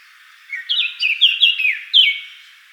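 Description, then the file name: Eurasian blackcap song: one brief, loud, clear phrase of fluty whistles, several quick notes ending in a loud bright whistle. "Sylvia atricapilla"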